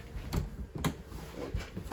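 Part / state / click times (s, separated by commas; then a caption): travel strap snap fastener on RV dinette storage / seated / 0.3 s, 0.8 s. A travel strap's snap fastener on the dinette storage of a 2016 Keystone Outback 312BHC is pressed shut, giving two short snaps at 0.3 s and 0.9 s over a quiet low hum. The strap fastens, snapping into place.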